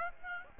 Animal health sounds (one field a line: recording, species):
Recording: mosquito wingbeat signal from an infrared sensor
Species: Aedes aegypti